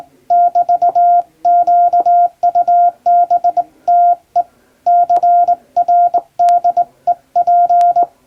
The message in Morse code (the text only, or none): <BT>QUBTE CRDEP